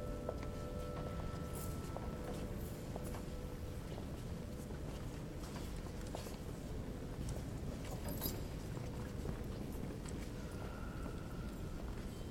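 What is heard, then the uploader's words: People walking the labyrinth at Grace Cathedral, with a steady low rumble of traffic, scattered footsteps and clicks, and faint brief tones. Grace Cathedral Labyrinth Walk. People walking the labyrinth at Grace Cathedral, California St.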